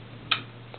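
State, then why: Seated. A rear set trigger on an antique flintlock rifle is pushed until its metal sear latches, giving a sharp click at 0.3 s, followed by a faint tick near 0.7 s. The trigger is now set, turning the heavy trigger into a light hair trigger.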